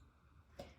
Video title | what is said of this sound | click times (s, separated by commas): Sunday Vlog + mini reset - workout, chores, grwm | And it just pops right into the wand. | 0.6 s